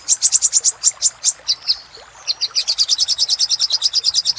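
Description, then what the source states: Little spiderhunter calling with fast, evenly spaced high chips, pausing once before a long steady run. Master recording used for training cage birds.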